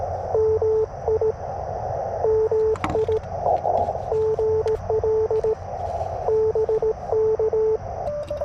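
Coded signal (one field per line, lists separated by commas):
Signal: Morse code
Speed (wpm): 18 wpm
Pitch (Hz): 440 Hz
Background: radio noise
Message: MI MI GL BK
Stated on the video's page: CW park activation with a pileup, sent on an 80-year-old Speed-X Model 500 bug at 100 W; signals up and down, poor solar conditions.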